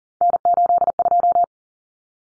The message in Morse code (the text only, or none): N82